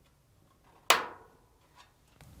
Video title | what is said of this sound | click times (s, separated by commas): How to replace Samsung dryer LED drum light part # DC47-00027H | and press until it snaps back in place | 0.9 s